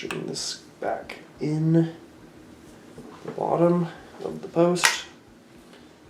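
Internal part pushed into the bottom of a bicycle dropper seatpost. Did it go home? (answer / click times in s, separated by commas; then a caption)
no / none. An internal part is pushed back into the bottom of a Bike Yoke Revive bicycle dropper seatpost during service while someone talks. The clip ends before the part goes home, and nothing has seated or clicked yet.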